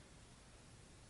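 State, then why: Not seated. The wire clip of a hair extension weft is handled against natural hair after re-parting, before being pressed closed. Only a steady, broadband hiss-like noise is heard, with no distinct snap or transient. Nothing has seated or clicked yet.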